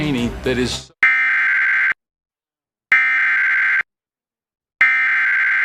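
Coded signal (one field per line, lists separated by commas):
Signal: Emergency Alert System (SAME) tones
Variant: header bursts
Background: speech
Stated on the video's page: Real severe weather SAME alert for the Tampa Bay area, as aired on a TV station.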